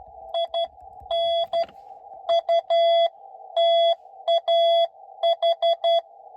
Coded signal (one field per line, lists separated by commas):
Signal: Morse code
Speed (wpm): 12 wpm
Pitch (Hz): 670 Hz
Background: none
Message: IN UTAH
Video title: Winter CW POTA at Utah Lake